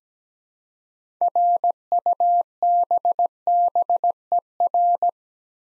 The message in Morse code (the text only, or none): RUBBER